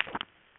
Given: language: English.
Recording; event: throat vibration sensor signal played as sound; swallow